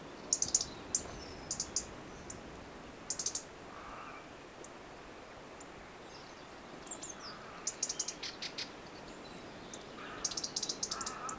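European robin giving sharp, dry ticking calls in short rapid bursts, with a few soft low notes and faint background hiss.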